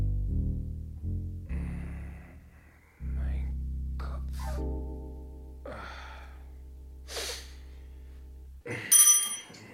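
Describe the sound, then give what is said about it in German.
A service bell rings to summon a servant, a low buzzing tone held for several seconds after a few short chimes, with breathy gasps and a sharp hiss over it. “Haben geklingelt?”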